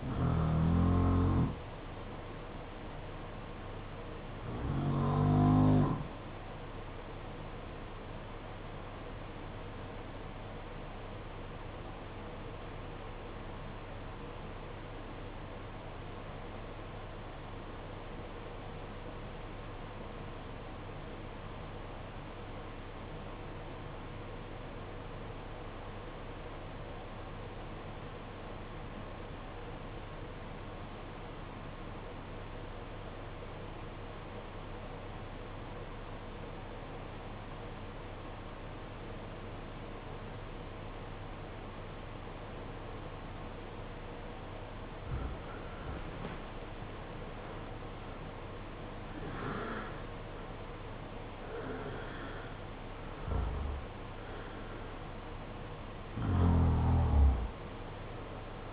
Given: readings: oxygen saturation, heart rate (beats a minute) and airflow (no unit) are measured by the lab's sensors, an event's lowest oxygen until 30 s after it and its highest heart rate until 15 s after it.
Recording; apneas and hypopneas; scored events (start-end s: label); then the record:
breathing in sleep by a voice recorder at the bedside; 1
9.00-45.00 s: obstructive apnea (N2, oxygen 95% highest, then 76% lowest, heart rate 51 at the start, 78 highest)
17.00-58.73 s: new sleep stage, REM sleep
From the record:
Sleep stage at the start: N2 (light sleep); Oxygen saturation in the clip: 79 to 95%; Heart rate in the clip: 50 to 78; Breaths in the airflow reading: 7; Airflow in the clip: -13.0 to 10.8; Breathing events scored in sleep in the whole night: 476 in 9.7 hours asleep